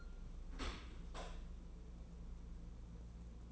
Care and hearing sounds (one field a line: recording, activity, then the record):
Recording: daily activity, microphone in the room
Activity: open dishwasher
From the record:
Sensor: 1